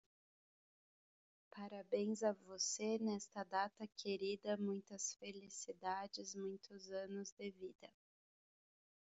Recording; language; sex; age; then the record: short text; Brazilian Portuguese; female; 30 to 39 years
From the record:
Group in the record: control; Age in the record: 33 years